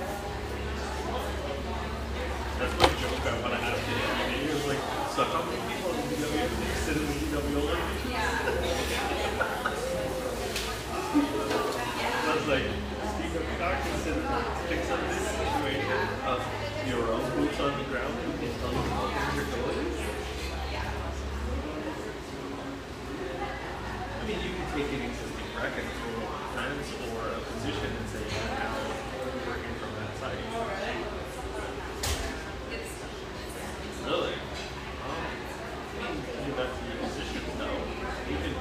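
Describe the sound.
A dense, steady murmur of many voices fills a bright, airy espresso joint in North Beach, with no single talker standing out. A low hum runs beneath in blocks through the first twenty seconds, and scattered clinks and sharp taps punctuate the chatter throughout.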